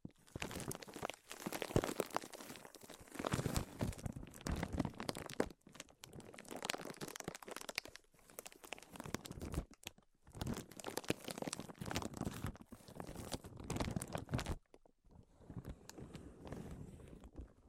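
Tapping, scratching and tracing sounds come in dense, crackly bursts of a few seconds, separated by brief pauses, with sharp clicks throughout.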